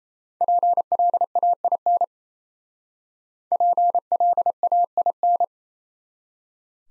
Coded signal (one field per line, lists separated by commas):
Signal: Morse code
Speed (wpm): 35 wpm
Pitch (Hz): 700 Hz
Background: none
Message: PLAIN PLAIN